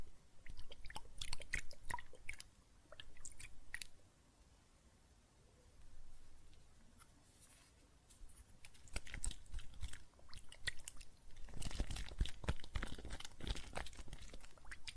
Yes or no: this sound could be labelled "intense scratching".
no